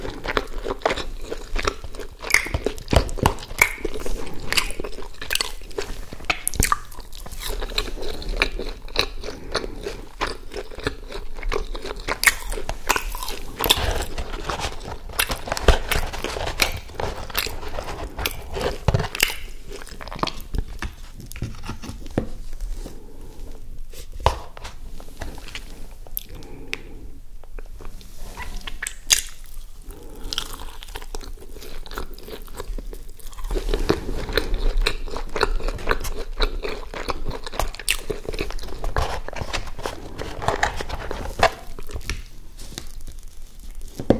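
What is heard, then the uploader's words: Eating sounds of nuggets, a hamburger and fries, with crunchy bites and wet chewing running continuously for the whole stretch. Sharp crackling bites come every second or so, with brief quieter pauses between mouthfuls, especially around the middle and near the end. ASMR McDonalds Nuggets, Hamburger, Fries (EATING SOUNDS).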